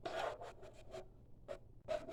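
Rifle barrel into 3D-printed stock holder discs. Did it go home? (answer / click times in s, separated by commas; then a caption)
no / none. A Ruger 10/22 rifle barrel is handled and pressed against the 3D-printed plastic holder discs inside a printed bullpup stock, producing a series of short, dry rubbing and scraping bursts. The strongest bursts come near 0.1 s, 1.5 s and 1.9 s, with quieter ones in between. Nothing has seated or clicked yet.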